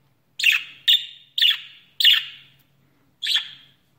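Budgerigar: budgie giving five raspy chirps, four in quick succession then one after a pause, with a faint low hum beneath.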